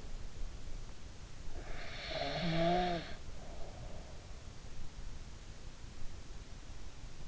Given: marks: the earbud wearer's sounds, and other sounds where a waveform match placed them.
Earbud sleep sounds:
sounds in sleep by an in-ear microphone; snoring breath
1.44-4.13 s: snoring breath

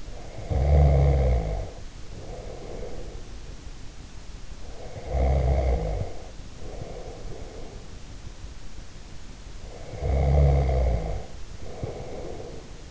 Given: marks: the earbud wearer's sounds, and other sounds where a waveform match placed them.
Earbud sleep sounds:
sounds in sleep by an in-ear microphone; snoring breath
0.00-3.57 s: snoring breath
4.64-7.92 s: snoring breath
9.57-12.91 s: snoring breath

